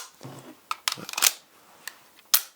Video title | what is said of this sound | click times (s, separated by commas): Smith & Wesson Model 915 Gun Review | and once it snaps into place | 2.3 s